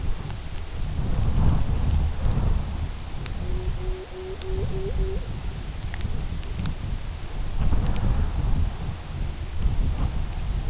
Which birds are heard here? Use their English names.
Pectoral Sandpiper